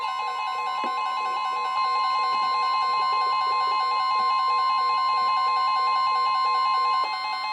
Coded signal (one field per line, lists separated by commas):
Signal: Emergency Alert System (SAME) tones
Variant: 1050 Hz attention tone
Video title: EAS #671-#696: Build a Boat? | KHB36, WNG736, & KEC83